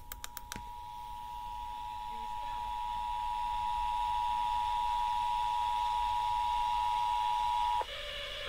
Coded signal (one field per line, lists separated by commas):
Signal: Emergency Alert System (SAME) tones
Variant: 853 and 960 Hz attention tone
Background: speech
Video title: EAS- Los Angeles County Required Monthly Test (RMT) On KYSR, KSCA, KOST, KKGO, KRTH- FM